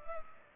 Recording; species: mosquito wingbeat signal from an infrared sensor; Culex pipiens